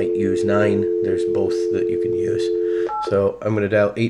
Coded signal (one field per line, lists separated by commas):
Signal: telephone call progress tone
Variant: North America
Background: speech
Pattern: dial tone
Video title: Vaspian Phone Training